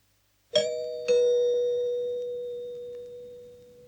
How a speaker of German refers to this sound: Walter, es klingelt.